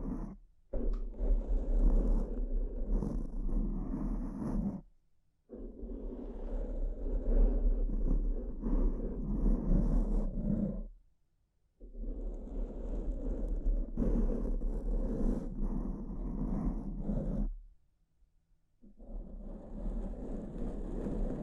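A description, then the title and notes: Brain scratch sounds come in long, dense bursts of rough rubbing, mostly low and mid-pitched with a grainy, rumbling texture. Short silent pauses break it up near 5, 11 and 18 seconds, and a low hum sits underneath throughout. ASMR S E N S I T I V E Brain Scratch (No Talking).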